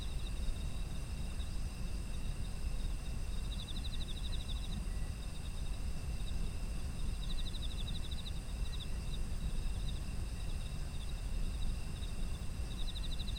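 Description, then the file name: Insects chirring in a chorus: steady high ringing tones overlaid by pulsed trills in short bursts every few seconds, over a constant low rumble. Autumn insects, ambient environmental sound. "秋の虫の環境音"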